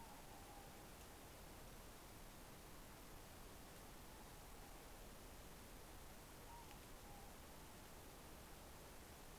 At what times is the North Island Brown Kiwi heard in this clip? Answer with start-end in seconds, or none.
none